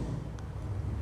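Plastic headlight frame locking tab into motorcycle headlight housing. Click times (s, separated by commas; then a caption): 0.4 s. A plastic headlight frame's locking tab is pushed into its hole in the headlight housing while the headlight surround of a Royal Enfield Interceptor 650 motorcycle is reassembled. Over a steady low rumble, a single short, sharp click sounds at 0.4 s as the tab locks into place, and the frame is seated.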